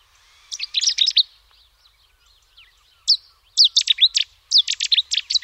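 Cetti's warbler giving loud, explosive bursts of rapid, high chirping notes: a short phrase early on, then two more vigorous outbursts after a brief pause.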